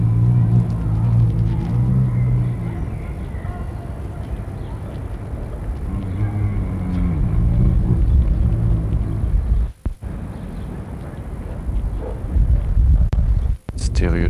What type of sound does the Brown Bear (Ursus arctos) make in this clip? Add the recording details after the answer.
call. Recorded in captivity. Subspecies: middendorffi. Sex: female. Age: adult. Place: Zoo Rostock, Mecklenburg-Vorpommern, DE. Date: 1962-05-04 14:00. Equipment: Minifon, Kopie Smaragd. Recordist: Tembrock, Günter